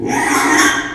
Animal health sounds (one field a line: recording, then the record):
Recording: squeal of a Yucatan mini pig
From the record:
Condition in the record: after surgery on the right vocal fold (resection and tissue-engineered implant)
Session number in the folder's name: 3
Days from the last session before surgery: 33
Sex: male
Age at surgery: 12 weeks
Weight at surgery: 13 kg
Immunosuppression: cyclosporine, prednisolone